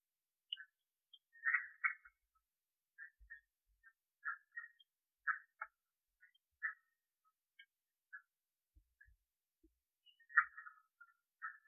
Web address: Agalychnis callidryas